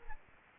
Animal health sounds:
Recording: mosquito wingbeat signal from an infrared sensor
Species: Aedes albopictus

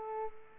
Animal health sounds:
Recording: mosquito wingbeat signal from an infrared sensor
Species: Culex pipiens

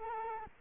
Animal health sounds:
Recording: mosquito wingbeat signal from an infrared sensor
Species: Culex quinquefasciatus

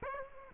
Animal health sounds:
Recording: mosquito wingbeat signal from an infrared sensor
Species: Aedes aegypti

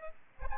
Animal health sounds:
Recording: mosquito wingbeat signal from an infrared sensor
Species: Aedes albopictus

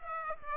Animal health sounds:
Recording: mosquito wingbeat signal from an infrared sensor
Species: Aedes aegypti

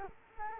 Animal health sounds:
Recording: mosquito wingbeat signal from an infrared sensor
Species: Culex quinquefasciatus

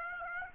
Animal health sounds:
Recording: mosquito wingbeat signal from an infrared sensor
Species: Aedes aegypti

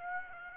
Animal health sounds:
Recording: mosquito wingbeat signal from an infrared sensor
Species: Aedes aegypti

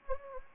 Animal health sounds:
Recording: mosquito wingbeat signal from an infrared sensor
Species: Anopheles gambiae

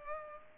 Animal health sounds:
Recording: mosquito wingbeat signal from an infrared sensor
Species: Culex pipiens

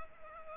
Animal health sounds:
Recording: mosquito wingbeat signal from an infrared sensor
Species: Culex pipiens

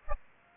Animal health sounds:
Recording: mosquito wingbeat signal from an infrared sensor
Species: Aedes aegypti

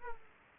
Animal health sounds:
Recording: mosquito wingbeat signal from an infrared sensor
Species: Aedes aegypti

